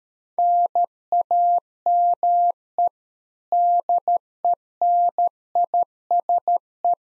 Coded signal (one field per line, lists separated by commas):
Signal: Morse code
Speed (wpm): 13 wpm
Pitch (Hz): 700 Hz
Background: none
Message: NAME DENISE